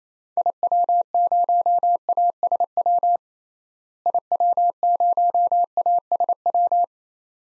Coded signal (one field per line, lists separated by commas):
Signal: Morse code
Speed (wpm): 28 wpm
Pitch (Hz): 700 Hz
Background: none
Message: IW0ASW IW0ASW